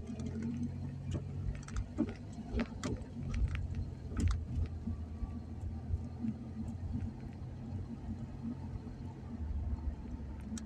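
A steady low engine hum fills the clip, like riding in a car, with a deep rumble throughout. Sharp clicks and clinks break in every second or two, loudest around the middle, over faint indistinct sounds in the background.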